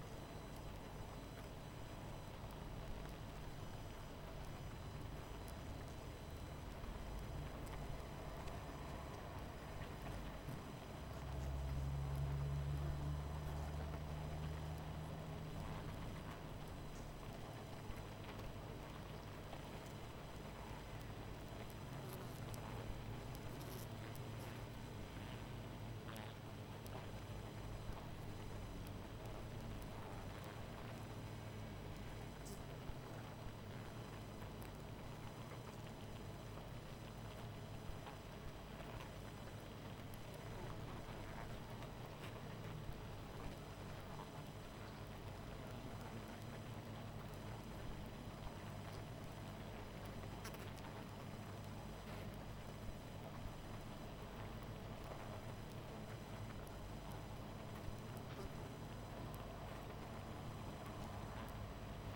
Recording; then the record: honeybee colony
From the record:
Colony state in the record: missing queen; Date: 14 July 2017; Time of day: 21:25